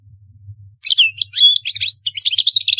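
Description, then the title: European goldfinch song begins after a short pause: tinkling twitters and a clear whistled note, then quick chattering phrases over a low hum. "Chant Chardonneret"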